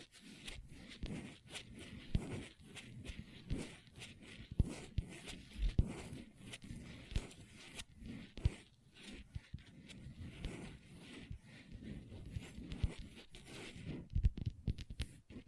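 Long nails tap and scratch across a tabletop without pause, with no talking. Sharp clicks land several times a second over a steady rasp of scratching, with a few louder taps standing out now and then, especially near the end.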